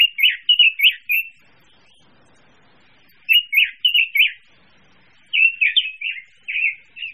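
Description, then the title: Birds chirp in lively bursts of rapid, twittering notes, three phrases separated by short silent pauses. Mixed birds. "manuk campur"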